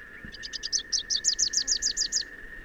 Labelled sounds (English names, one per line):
Rufous-capped Warbler song